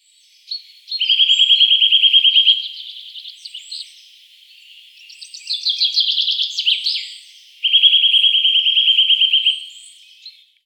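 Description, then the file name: Eurasian nuthatch giving fast, ringing trills of evenly repeated notes in three bursts, the first and last steady, the middle one higher and more jumbled. "Sitta europaea"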